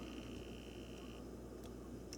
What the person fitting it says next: there they go so now they're locked into place holding the spring in place